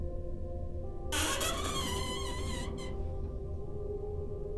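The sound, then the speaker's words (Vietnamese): A closed room door, pushed lightly by hand, creaks open in one long, wavering high-pitched squeal lasting about two seconds, rising and bending in pitch before cutting off, over a steady low background hum. “Đưa tay đẩy nhẹ một cái, cánh cửa rít lên kèn kẹt, nghe âm thanh đến rợn người.”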